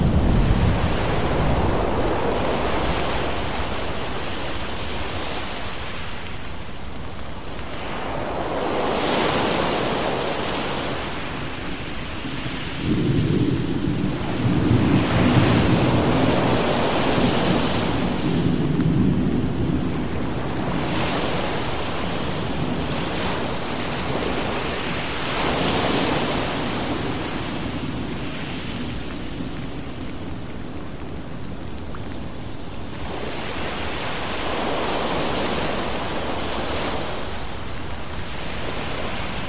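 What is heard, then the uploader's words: Steady rain hisses throughout as ocean waves swell and recede every few seconds, with a deep rumble of thunder rolling in around the middle. Thunderstorm Rain Sounds With Ocean Waves.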